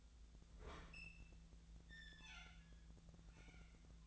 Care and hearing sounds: daily activity, microphone in the room; open fridge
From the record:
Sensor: 3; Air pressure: 1009.6 hPa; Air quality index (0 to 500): 194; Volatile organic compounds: 16 ppm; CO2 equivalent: 2524 ppm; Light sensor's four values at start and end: 33/83/35/38 and 33/83/35/38

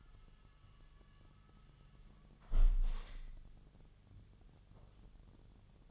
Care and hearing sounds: daily activity, microphone in the room; close window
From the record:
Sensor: 4

